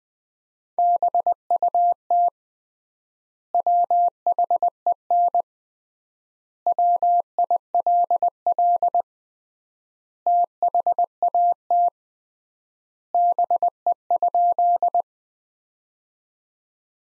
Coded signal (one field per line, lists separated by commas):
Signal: Morse code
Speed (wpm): 20 wpm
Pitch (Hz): 700 Hz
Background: none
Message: BUT WHEN WILL THAT BE?